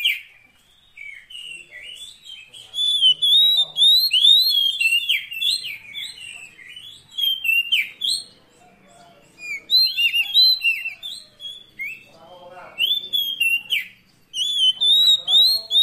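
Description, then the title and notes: Oriental magpie-robin song of rich, jumbled whistles and slurred notes in irregular bursts, with brief quiet spells between phrases. Magpie-robin 'isian' fill-in song, used to make a kept bird sing actively day and night. "Kacer Jadi Gacor Siang Malam. Isian Kacer"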